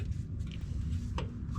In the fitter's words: There we go. That's it. Pops right in there.